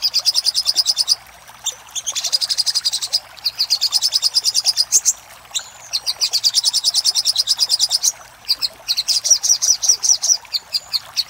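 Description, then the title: Little spiderhunter pouring out long, dense rattling runs of very high chips, separated by brief silent breaks every few seconds. Master recording made for training caged birds; Indonesian name Sogok Ontong. "Sogok Ontong Labaik"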